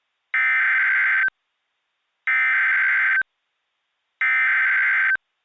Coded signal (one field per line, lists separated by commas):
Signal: Emergency Alert System (SAME) tones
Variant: header bursts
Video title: (EAS Scenario / Analog Horror) - Liminality